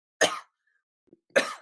A really nasty cough.